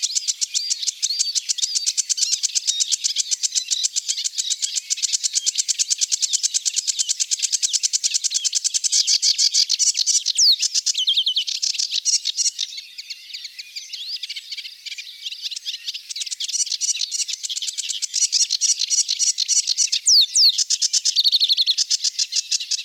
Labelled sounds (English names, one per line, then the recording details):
Sedge Warbler song
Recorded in the wild
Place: Flögelner See, Schleswig-Holstein, DE
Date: 1982-05-30
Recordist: Schwarz, Dieter